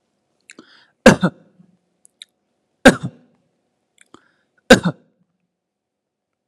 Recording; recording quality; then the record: shallow voluntary cough; excellent, no background noise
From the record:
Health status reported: healthy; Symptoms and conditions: none ticked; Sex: male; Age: 38 years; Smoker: not ticked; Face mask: not worn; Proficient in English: yes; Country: India